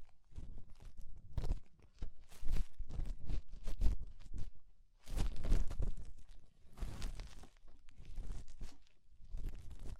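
Ear cleaning with rhinestone and clay removal: irregular crinkly scraping and crunchy peeling bursts, steady busy texture with brief pauses near two and five seconds.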